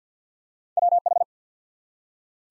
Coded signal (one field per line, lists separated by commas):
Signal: Morse code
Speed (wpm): 50 wpm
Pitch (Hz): 700 Hz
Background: none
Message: WH